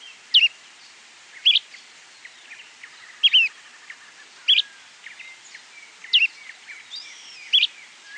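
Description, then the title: Bran-colored flycatcher giving several short, sharp high notes, with faint softer notes between. Subspecies flammiceps. "LuckyPassaro Completos2Sama. Bran-colored Flycatcher (Myiophobus fasciatus flammiceps)"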